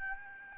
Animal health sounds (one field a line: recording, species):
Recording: mosquito wingbeat signal from an infrared sensor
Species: Aedes albopictus